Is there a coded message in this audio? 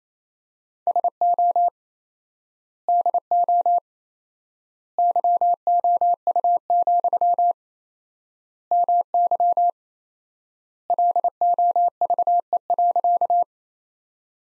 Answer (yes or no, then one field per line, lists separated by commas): yes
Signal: Morse code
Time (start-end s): 0.9-13.4 s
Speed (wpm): 28 wpm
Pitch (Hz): 700 Hz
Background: none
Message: SO DO YOU, MY LOVE.